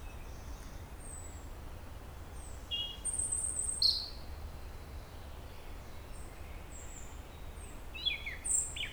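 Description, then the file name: European robin singing faint, scattered high phrases, a thin tinkling run near the middle and another brief flourish near the end, over a constant low rumble. "Erithacus rubecula"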